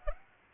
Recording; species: mosquito wingbeat signal from an infrared sensor; Aedes aegypti